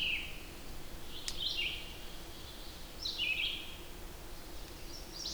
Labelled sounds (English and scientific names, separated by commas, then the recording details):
Red-eyed Vireo (Vireo olivaceus) song
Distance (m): 30 m
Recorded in boreal forest in Alberta, Canada, on 8 June 2016 at 07:57
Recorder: SongMeter 3, array SBT-3-9
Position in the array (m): 10 m, 113 m